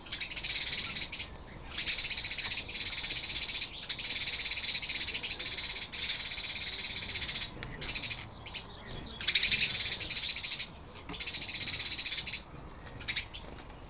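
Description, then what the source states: House sparrows chattering in harsh, rapid rattling bursts lasting one to three seconds, separated by brief pauses, with a few thin chirps in between. House sparrows chattering, recorded 7 April 2007.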